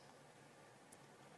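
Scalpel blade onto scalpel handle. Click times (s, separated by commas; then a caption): 0.9 s. A number 22 scalpel blade, held with forceps or pliers, is slid onto the groove of a number four metal handle. A single short, sharp tick at 0.9 s rises above a steady background hiss as the blade locks in place on the handle.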